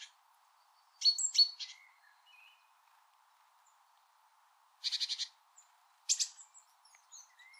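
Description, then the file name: Great tit calls: a few high down-slurred notes, then a harsh buzzy churr and a second scratchy burst, over a faint steady background hiss. "Parus major"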